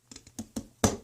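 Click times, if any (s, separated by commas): 0.8 s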